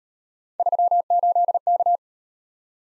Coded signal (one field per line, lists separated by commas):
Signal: Morse code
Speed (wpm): 35 wpm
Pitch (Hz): 700 Hz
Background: none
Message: 38K